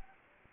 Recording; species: mosquito wingbeat signal from an infrared sensor; Anopheles arabiensis